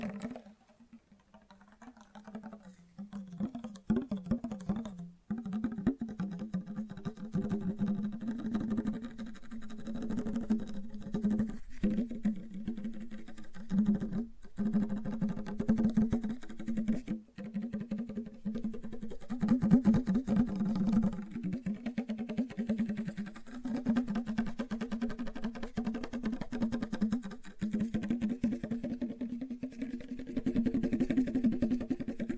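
Fast, gentle tapping runs almost continuously for the whole clip, quick light strikes packed closely together over a steady low tone that holds underneath. It starts quieter, then from about five seconds settles into an even level, with brief gaps near 5, 12, 14 and 17 seconds.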